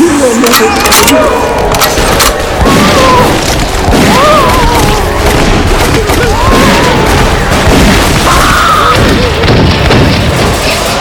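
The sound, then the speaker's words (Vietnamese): A few sharp, booming gunshots crack out near the start, followed by agitated voices talking over a dense, loud background that continues throughout. “tiếng súng làm kinh động tất cả mọi người.”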